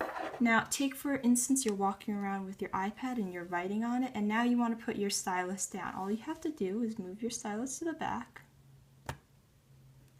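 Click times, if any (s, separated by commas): 9.1 s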